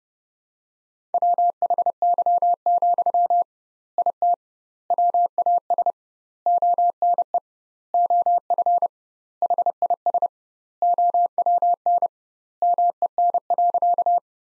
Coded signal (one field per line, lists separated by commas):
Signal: Morse code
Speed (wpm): 30 wpm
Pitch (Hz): 700 Hz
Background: none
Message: WHY, IT WAS ONE OF HIS OWN MEN.